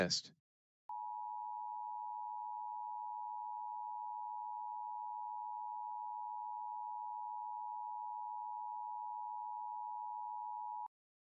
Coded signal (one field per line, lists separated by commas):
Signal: Emergency Alert System (SAME) tones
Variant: 853 and 960 Hz attention tone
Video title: LIVE AM/MW DX: DX Central Live - S. 4, Ep. 9 | Friday, March 8, 2024